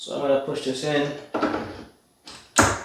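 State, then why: Seated. Someone talks while pushing the right-hand foot of a 2020 Samsung Q60T 4K Smart TV into its slot in the TV base, a tool-free, screwless mount. After a short silence and a softer sound at 2.3 s, a sharp, loud click at 2.6 s marks the foot locking into place, fully seated.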